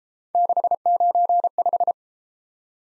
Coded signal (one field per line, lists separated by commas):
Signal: Morse code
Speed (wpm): 31 wpm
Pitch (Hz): 700 Hz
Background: none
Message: 695